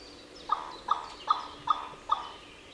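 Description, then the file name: Carrion crow giving five short, harsh calls in a steady series, one roughly every 0.4 seconds, over faint background noise. "Corvus corone"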